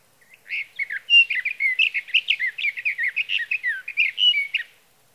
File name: Sage Thrasher